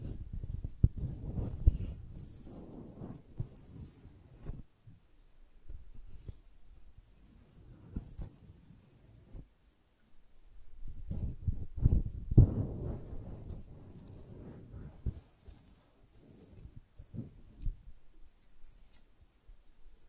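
Soft handling of flowers: rustling, crinkling and light tapping come in irregular bursts, heaviest around the first few seconds and again near twelve seconds. Between bursts there are quieter pauses with scattered small clicks and brushing sounds, mostly low and muffled.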